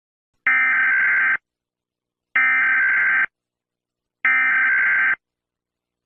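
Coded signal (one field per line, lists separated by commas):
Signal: Emergency Alert System (SAME) tones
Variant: header bursts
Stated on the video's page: Fictional EAS scenario about objects vanishing; not real.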